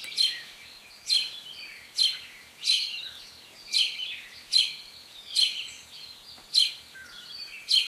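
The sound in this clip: Bird calls, bright high chirps repeated about every second in a steady series, softer trailing notes after several of them.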